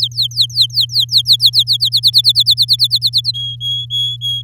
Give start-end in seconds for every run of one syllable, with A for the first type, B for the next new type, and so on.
0.00-1.89 A, 1.92-3.31 B, 3.34-4.42 C